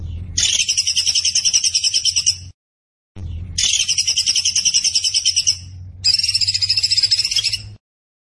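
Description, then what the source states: Zebra finch song: three rapid, buzzy, pulsed trills at high pitch, each about two seconds long, with short pauses and a low hum underneath. Tembakan bird singing actively (gacor); master recording used for training cage birds.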